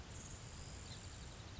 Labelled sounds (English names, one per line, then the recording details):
Grasshopper Sparrow
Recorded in Sonoma County, California